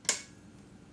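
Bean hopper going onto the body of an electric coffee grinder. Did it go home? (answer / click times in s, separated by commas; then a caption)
yes / 0.1 s. The bean hopper of an Almaz KG 589 electric coffee grinder is twisted back onto the grinder body. A sharp click sounds at 0.1 s, then only a quiet background remains. The hopper is seated and its button has locked again.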